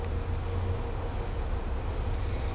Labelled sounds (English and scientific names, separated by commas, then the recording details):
none
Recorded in secondary vegetation near Puerto Asís, Putumayo, Colombia, on 18 December 2024 at 12:00
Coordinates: 0.502, -76.326
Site G028